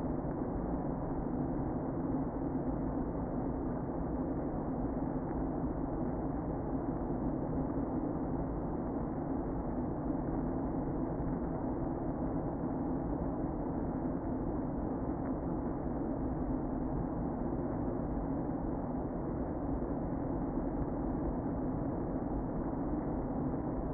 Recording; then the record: honeybee colony, microphone inside the hive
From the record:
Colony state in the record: queen present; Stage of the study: before two queens were removed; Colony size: about 60,000 bees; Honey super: yes